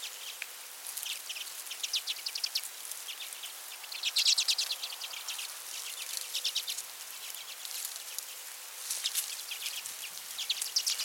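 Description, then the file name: Common redpoll calls, runs of dry, rapid chattering notes given in bursts throughout. "Acanthis flammea - Common Redpoll"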